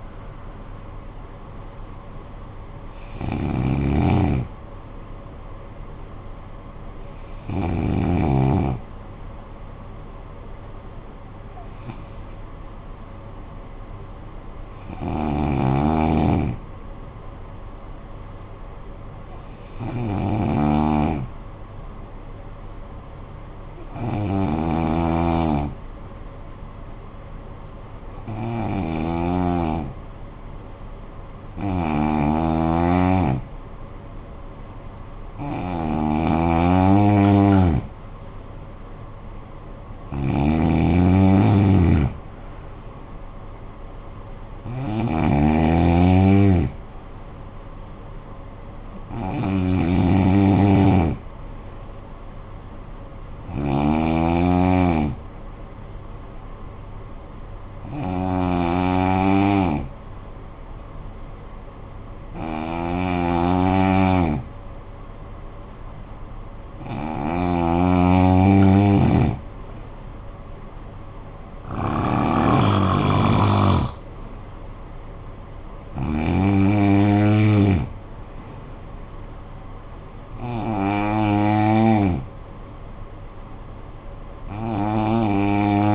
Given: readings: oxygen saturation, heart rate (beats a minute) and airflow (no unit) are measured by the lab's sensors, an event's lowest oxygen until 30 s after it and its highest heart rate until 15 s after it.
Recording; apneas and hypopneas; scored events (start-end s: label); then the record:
breathing in sleep by a smartphone at the bedside; 2
12.00-33.80 s: hypopnea (N1, oxygen 96% highest, then 89% lowest, heart rate 54 at the start, 67 highest)
22.00-85.95 s: new sleep stage, N2 (light sleep)
58.00-72.80 s: hypopnea (N2, oxygen 93% highest, then 89% lowest, heart rate 52 at the start, 58 highest)
From the record:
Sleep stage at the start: N1 (lightest sleep); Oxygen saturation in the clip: 89 to 96%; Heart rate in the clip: 50 to 81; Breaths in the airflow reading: 19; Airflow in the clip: -12.0 to 7.9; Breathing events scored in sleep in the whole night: 445 in 7.6 hours asleep